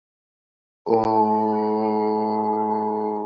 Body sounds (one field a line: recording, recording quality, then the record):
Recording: sustained vowel as in boot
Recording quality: excellent, no background noise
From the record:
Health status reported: exposed to COVID-19, no respiratory illness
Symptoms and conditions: cold, sore throat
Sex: male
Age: 33 years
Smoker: not ticked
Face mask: not worn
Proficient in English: yes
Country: India